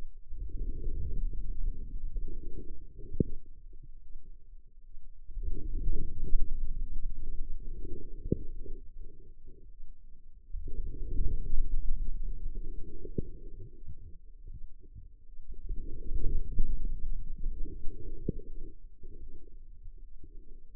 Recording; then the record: forearm muscle sounds (acoustic myography)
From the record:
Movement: outward rotation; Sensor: system 2, bracelet of six BSWA MPA416 microphones around the upper forearm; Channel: 5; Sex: female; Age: 25 years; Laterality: right